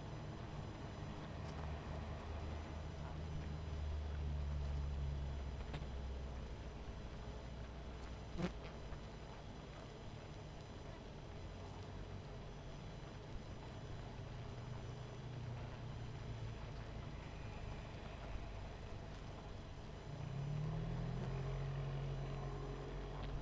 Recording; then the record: honeybee colony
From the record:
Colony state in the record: missing queen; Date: 14 July 2017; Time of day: 19:54